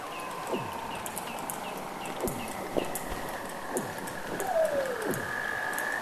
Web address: weddell seal